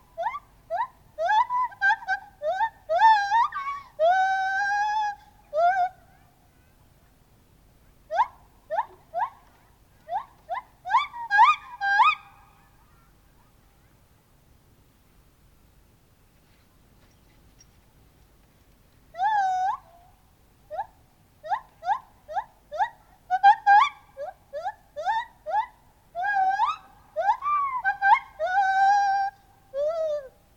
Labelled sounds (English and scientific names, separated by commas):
Lar Gibbon (Hylobates lar)